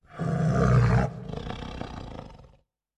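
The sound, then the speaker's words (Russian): Athena, a predator, arches her back and gives a deep, rumbling growl, loud and sustained for about a second before easing into a rougher, quieter rasp that fades out. No voices. “Она выгнула спину и издала низкое рычание.”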